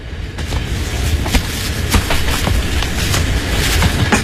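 A steady, heavy rumble of a train bound for Guangzhou rolling along rails, with low droning noise and a series of sharp, irregular clacks and thumps punctuating it throughout. No voices are heard.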